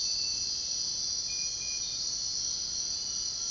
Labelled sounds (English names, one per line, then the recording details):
none
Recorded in dense forest near Puerto Asís, Putumayo, Colombia, on 22 June 2025 at 05:00
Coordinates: 0.499, -76.324
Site G100